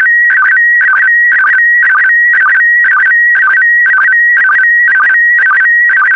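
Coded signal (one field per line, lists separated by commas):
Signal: SSTV (slow-scan television)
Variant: PD120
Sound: steady high whistle with rapid warbling dips about twice a second, regular rhythmic chirps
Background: faint hiss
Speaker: complete. You can now check your decoded image against the picture that is shown on the video.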